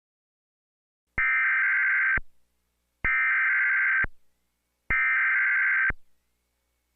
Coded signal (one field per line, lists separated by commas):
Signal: Emergency Alert System (SAME) tones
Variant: header bursts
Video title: EAS Scenario #1: The Green Virus